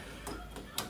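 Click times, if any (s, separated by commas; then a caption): 0.8 s. A door knob is pushed onto its mount on the rose (back plate) of a door and twisted until it locks in place; it will not lock if the knob is positioned wrong. A softer knock at about 0.3 s is followed by a sharp tick at 0.8 s as the knob locks onto the rose.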